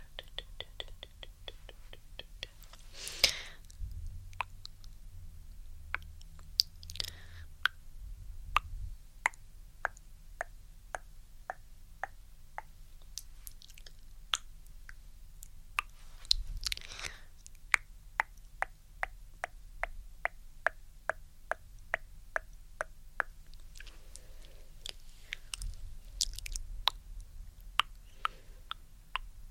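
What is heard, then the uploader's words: Brushing and tongue clicking: dense, regular sharp clicks throughout, with brief scratchy brushing bursts near 3, 7 and 17 seconds over a low rumble. ASMR ~TINGLY~ Brushing & Tongue Clicking.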